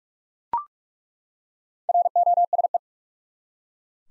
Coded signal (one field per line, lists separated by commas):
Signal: Morse code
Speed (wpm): 46 wpm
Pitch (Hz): 700 Hz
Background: none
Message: ROSE